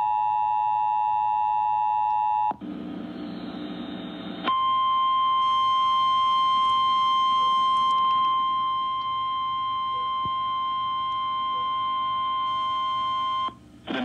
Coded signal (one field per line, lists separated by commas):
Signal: Emergency Alert System (SAME) tones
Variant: 853 and 960 Hz attention tone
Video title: Severe Thunderstorm Warning On WRVA-AM 7/16/22 (EAS #1394)